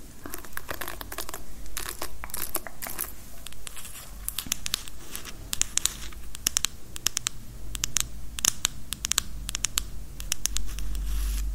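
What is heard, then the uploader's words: Dry scratching and crinkling fills the whole twelve seconds in quick, irregular bursts of crisp clicks and rustles. The sounds stay steady in density with sharper flicks scattered throughout, over a low, constant hum. ASMR Personal Attention and Neck Scratching.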